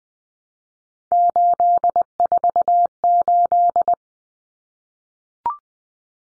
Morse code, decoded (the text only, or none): 848